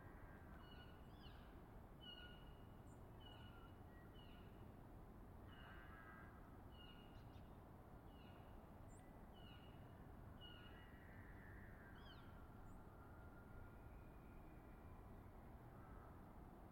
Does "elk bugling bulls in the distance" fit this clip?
yes